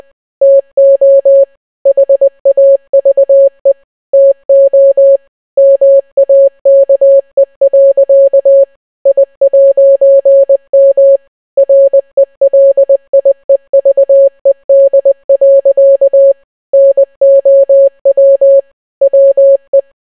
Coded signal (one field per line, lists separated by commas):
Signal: Morse code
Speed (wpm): 20 wpm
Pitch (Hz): 550 Hz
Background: none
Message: TO HAVE TO MAKE. I'M RELIEVED. NOW WE